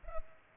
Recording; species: mosquito wingbeat signal from an infrared sensor; Culex pipiens